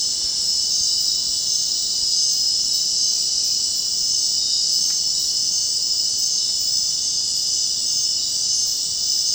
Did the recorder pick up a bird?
no